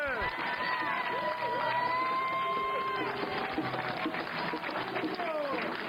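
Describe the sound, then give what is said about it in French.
A crowd at a demonstration cheers and applauds steadily for about six seconds, a loud, dense wash of clapping mixed with raised voices and shouts that stays constant throughout. “Applaudissez, ça fait du bien.”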